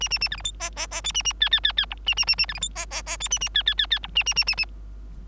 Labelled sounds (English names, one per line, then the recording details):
Bengalese Finch song
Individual Bird3